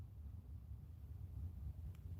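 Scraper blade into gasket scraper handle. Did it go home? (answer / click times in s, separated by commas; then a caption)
no / none. A metal scraper blade, found to have been installed upside down, is flipped and handled at the holder of a gasket scraper during work on a 2018 Ford Explorer 3.7 timing chain and water pump replacement. A steady low rumble runs throughout, with a brief faint tick near 2.0 s. Nothing has seated or clicked yet.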